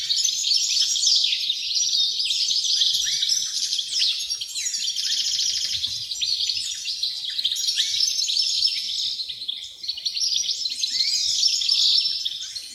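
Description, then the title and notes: Steady wall of wren song: high, fast, sparkling trills and chirps from many birds overlapping without pause throughout. Dozens of wrens in the backyard of a home in Dover, southern Tasmania. "Nature Sounds Tasmania - Dover Wrens. The sounds of dozens of wrens in the backyard of a home in Dover, southern Tasmania"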